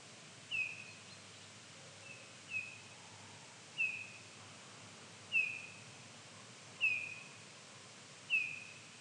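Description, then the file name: Eurasian bullfinch giving soft, short whistled calls that slide slightly downward, repeated about every one and a half seconds over a steady background hiss. "Pyrrhula pyrrhula"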